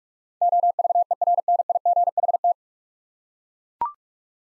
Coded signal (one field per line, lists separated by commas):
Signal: Morse code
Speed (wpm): 42 wpm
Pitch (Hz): 700 Hz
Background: none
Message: OVERNIGHT